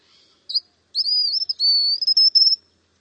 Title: LuckyPassaro Completos2Sama. White-naped Xenopsaris (Xenopsaris albinucha)